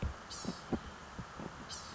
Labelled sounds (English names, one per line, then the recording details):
Blue-gray Gnatcatcher
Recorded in Sonoma County, California